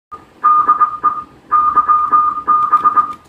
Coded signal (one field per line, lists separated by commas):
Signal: Morse code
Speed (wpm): 20 wpm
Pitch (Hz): 1220 Hz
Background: none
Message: DE YB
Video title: cara mudah seting CAT system radio Icom IC7300 ke FLdigi, N1MM & WSJTX